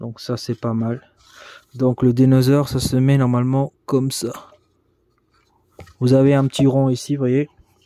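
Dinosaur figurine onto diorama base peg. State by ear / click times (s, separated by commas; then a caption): not seated / none. A plastic dinosaur figurine is handled near a small round peg on a diorama base while someone talks, with only faint handling noise between the phrases. Nothing has seated or clicked yet; the figurine is not yet pressed home onto the peg.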